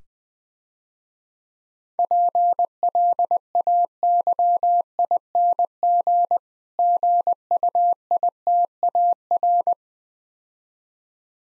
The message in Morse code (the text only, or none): PLAYING GUITAR